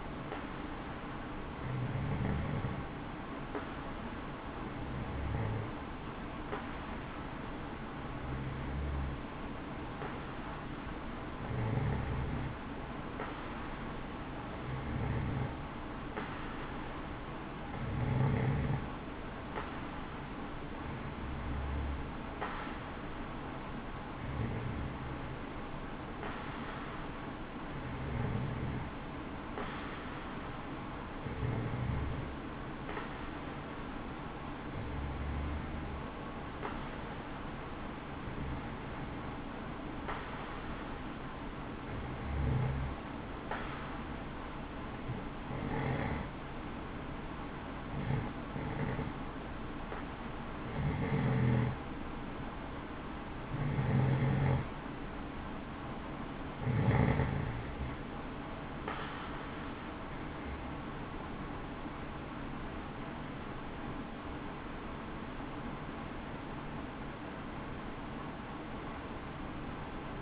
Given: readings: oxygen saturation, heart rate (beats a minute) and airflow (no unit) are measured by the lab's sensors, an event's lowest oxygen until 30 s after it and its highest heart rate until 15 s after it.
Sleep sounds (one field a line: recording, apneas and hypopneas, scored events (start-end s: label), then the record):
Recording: breathing in sleep by a voice recorder at the bedside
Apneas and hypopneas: 1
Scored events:
40.00-54.10 s: hypopnea (N2, oxygen 93% highest, then 90% lowest, heart rate 64 at the start, 72 highest)
From the record:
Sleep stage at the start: N2 (light sleep)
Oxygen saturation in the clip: 90 to 93%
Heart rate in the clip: 62 to 72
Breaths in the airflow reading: 21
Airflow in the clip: -7.1 to 8.3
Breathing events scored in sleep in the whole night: 216 in 7.0 hours asleep